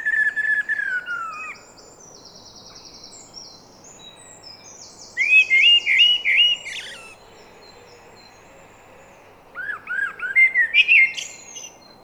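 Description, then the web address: Eurasian blackbird song: a fluty descending whistle, then two bursts of high, squeaky twittering mixed with lower warbled notes, separated by quiet pauses. "SETE data Turdus merula"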